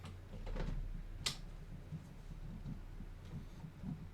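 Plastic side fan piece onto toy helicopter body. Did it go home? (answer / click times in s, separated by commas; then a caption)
yes / 1.3 s. A plastic side fan piece is lined up on its pegs and pressed onto the body of a G.I. Joe HASLAB Dragonfly XH-1 toy helicopter. Soft handling rustles come first, then a single sharp, bright plastic click at 1.3 s. The fan piece is pressed home and confirmed seated.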